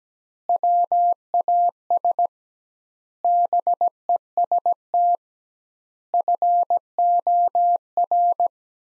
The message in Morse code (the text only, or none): WAS BEST FOR